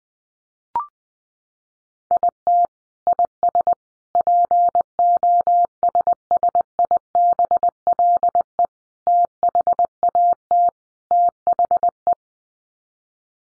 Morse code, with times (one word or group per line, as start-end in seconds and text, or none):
2.1-2.7 IT
3.1-3.7 IS
4.2-8.7 POSSIBLE
9.1-10.7 THAT
11.1-12.1 THE